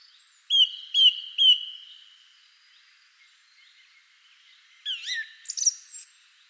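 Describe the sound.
Bird calls: three bright chirps spaced half a second apart, a pause, then a few sweeping, twisting high notes.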